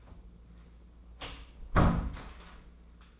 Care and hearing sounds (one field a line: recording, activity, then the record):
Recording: daily activity, microphone in the room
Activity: close door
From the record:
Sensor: 1